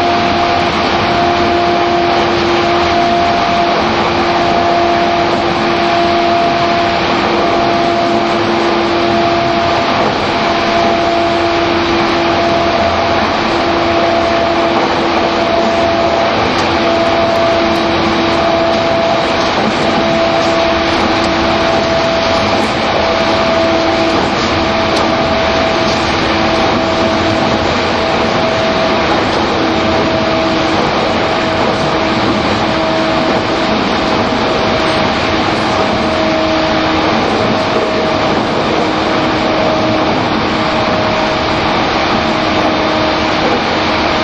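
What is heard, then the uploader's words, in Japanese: Running sound recorded inside a commuter train at speed: a dense, steady roar of wheels and rails fills the whole clip at an even loudness. A motor whine holds two steady pitched tones that drift slightly lower toward the end. E231系 湘南新宿ライン特別快速01 大宮～大船。浦和駅と武蔵小杉駅が未開業時の最速運転時代だった、E231系特別快速を収録したものです。走行音。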